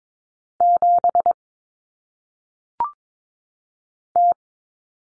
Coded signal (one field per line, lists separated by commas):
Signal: Morse code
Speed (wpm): 22 wpm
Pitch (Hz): 700 Hz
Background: none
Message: 7 T